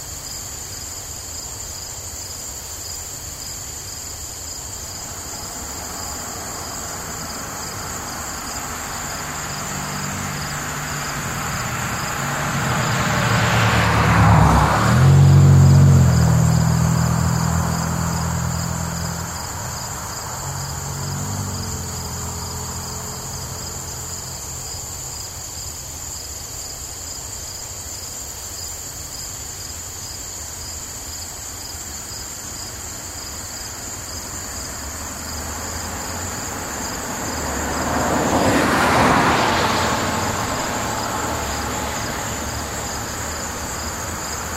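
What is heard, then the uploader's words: Insects chirp steadily in the grass nearby, a dense, high, unbroken buzz throughout. A car approaches and passes at about fifteen seconds with a low rumble, then a second, quieter vehicle goes by around thirty-nine seconds. We take you on a peaceful journey down a country road, where you'll hear cars pass by as insects chirp in the grass nearby.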